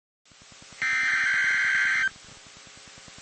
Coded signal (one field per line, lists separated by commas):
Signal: Emergency Alert System (SAME) tones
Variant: header bursts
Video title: EAS Alerts I forgot about with SQW's on WSW's 12/29/25 - 1/24/26 (EAS #6590 - 6860)